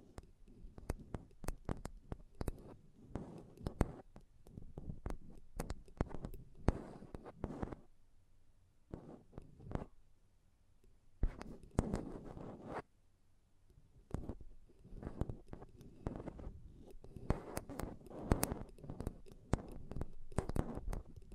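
Close mic tapping and scratching, with sharp clicks and knocks arriving in fast, uneven bursts over a low, muffled rubbing. A quieter pause around the middle, near ten seconds, breaks the flurry before the dense tapping resumes and builds toward the end.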